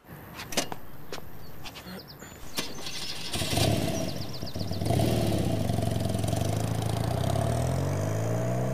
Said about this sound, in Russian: Тот садится на мопед срочно! И едет к нему.